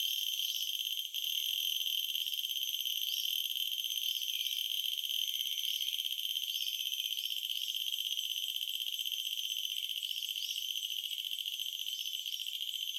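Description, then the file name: Purana latifascia cicada song, a steady, shrill, ringing drone held throughout at several high pitches, with faint short chirps scattered over it. "Purana latifascia"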